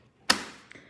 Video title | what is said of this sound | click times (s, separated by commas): Review Mompush Meteor2 Baby Stroller 2-in-1 with Newborn Mode, Compatible with Infant Car Seat Adapt | And then it just snaps right in place. | 0.3 s